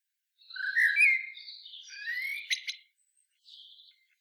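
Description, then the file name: Common blackbird song: rich warbled whistles rising and falling, then two sharp clicking notes and a short, thin high trailing sound. "Turdus merula"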